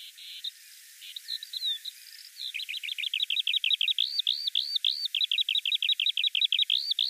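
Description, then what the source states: Eurasian Skylark song: after a faint scratchy start, a fast run of bright, repeated trilled notes, then looping warbled phrases, continuous and high-pitched. Male song given very often in flight, trilling in the air for minutes to mark territory; cheerful and lively; declining strongly in Switzerland, once common in farmland.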